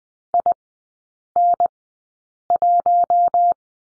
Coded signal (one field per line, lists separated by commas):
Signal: Morse code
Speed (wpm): 19 wpm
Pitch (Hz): 700 Hz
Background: none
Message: IN1